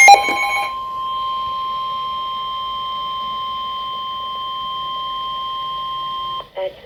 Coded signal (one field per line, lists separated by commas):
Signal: Emergency Alert System (SAME) tones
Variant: 1050 Hz attention tone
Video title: Severe Thunderstorm Warning on Weatheradio Canada XLF322 | 2022-08-13 (EAS #144)